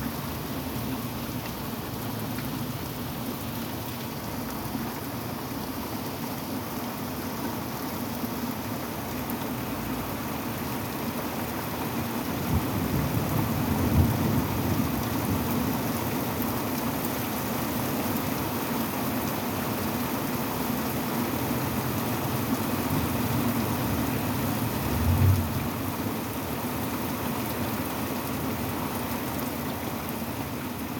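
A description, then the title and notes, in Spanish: A storm with steady, dense rain hiss throughout, and low rumbling swells of thunder around the middle and again near twenty-five seconds. Tormenta. Lluvia.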